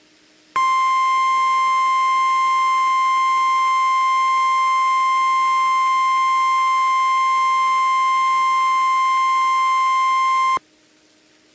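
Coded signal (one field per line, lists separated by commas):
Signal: Emergency Alert System (SAME) tones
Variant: 1050 Hz attention tone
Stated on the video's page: Severe thunderstorm warning captured from an internet EAS stream.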